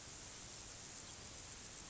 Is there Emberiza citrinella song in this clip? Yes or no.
no